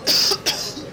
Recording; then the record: coughing mixed with background sound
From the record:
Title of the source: November cold (wet coughing)